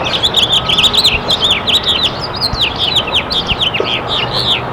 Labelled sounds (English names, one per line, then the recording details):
House Finch song
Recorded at Merrick on Long Island, New York, on 17 May 2013
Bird A